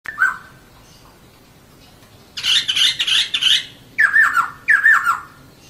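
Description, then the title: Laughingthrush giving a brief whistle, then a harsh, scratchy chattering burst and two loud, falling whistled notes. Long rolling song (ngeroll panjang), used to train cage birds. "KICAU BURUNG POKSAY NGEROLL PANJANG"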